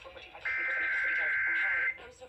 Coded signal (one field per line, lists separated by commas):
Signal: Emergency Alert System (SAME) tones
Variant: header bursts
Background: speech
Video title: EAS 6840-6921 - My last EAS Comp before Rebrand and 2025